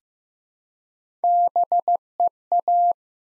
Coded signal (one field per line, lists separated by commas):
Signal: Morse code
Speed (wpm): 15 wpm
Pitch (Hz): 700 Hz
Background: none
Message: BEA